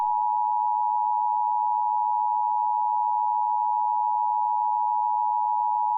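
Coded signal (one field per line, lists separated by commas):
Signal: Emergency Alert System (SAME) tones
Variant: 853 and 960 Hz attention tone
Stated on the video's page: Fictional EAS scenario based on a game.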